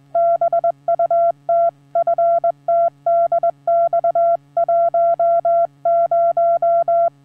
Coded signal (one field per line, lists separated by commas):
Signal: Morse code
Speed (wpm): 20 wpm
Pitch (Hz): 680 Hz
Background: none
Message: BUT FTDX10